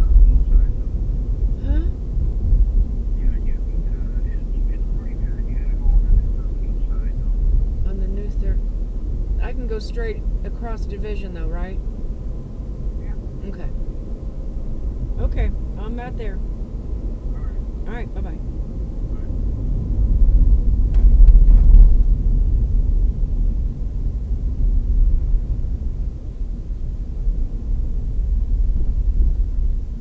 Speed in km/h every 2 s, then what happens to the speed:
42, 42, 42, 42, 44, 47, 48, 50, 50, 47, 40, 35, 31, 26, 21.
0-6 steady at about 42. 6-16 speeds up to 50. 16-30 slows to 21.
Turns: none.